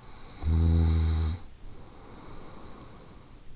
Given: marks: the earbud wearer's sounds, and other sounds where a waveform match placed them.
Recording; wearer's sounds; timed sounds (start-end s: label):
sounds in sleep by an in-ear microphone; snoring breath
0.10-3.29 s: snoring breath